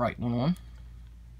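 Someone briefly talks while a swappable plastic hand is handled toward the wrist peg of an action figure from the Marvel Legends Amazon Exclusive Family Matters 3 Pack. The speech is followed by about a second of quiet, low background hum. Nothing has seated or clicked yet.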